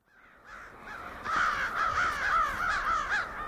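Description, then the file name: Crows calling, faint at first, then a loud stretch of harsh cawing from about 1.2 seconds in, swelling several times. Recorded 20 January 2006; several crows. "060120 crows"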